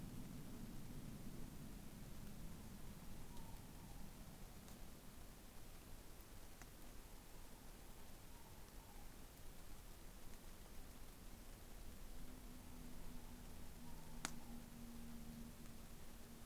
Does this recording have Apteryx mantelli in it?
no